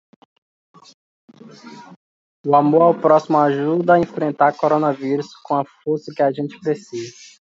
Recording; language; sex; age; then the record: spoken sentence; Brazilian Portuguese; male; 20 to 29 years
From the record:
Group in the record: control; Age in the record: 28 years